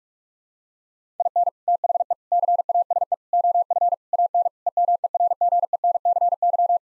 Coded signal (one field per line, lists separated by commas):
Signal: Morse code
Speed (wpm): 46 wpm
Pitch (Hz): 700 Hz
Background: none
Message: IN THE CASE OF AN EMERGENCY